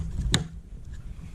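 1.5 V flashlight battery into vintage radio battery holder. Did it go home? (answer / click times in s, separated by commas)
yes / 0.3 s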